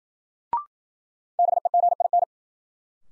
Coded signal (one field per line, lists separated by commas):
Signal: Morse code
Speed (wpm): 53 wpm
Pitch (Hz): 700 Hz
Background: none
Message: BEGIN